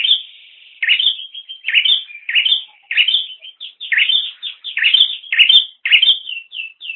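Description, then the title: Bird chirping almost continuously, a long high note followed by a busy run of short rising chirps and whistles. "kikicau"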